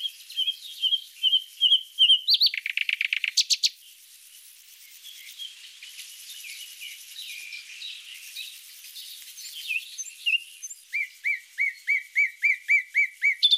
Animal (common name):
Common Nightingale